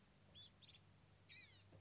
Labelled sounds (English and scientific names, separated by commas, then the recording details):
Blue-gray Gnatcatcher (Polioptila caerulea)
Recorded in Sonoma County, California